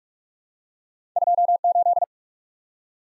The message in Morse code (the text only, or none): 28